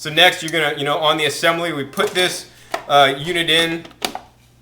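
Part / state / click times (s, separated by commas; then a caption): juicing bowl into juicer motor base / seated / 4.1 s. Someone talks while the juicing bowl unit of an Omega VRT330 juicer is set onto the juicer motor base and turned to the right. A sharp click at 4.1 s, with a quieter follow-up tick just after, marks the bowl locking into place on the base, and it is seated.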